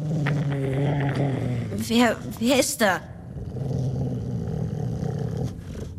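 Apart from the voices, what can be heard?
dog growling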